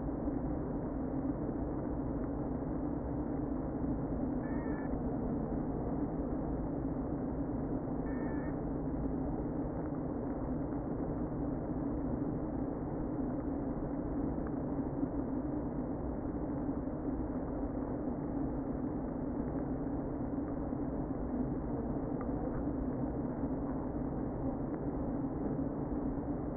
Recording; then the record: honeybee colony, microphone inside the hive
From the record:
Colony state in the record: queen present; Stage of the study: before two queens were removed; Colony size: about 60,000 bees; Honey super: yes